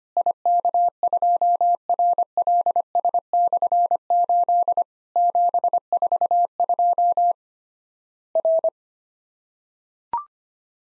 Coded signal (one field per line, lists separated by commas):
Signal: Morse code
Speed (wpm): 25 wpm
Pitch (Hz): 700 Hz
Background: none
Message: IK2RLS/8 742 R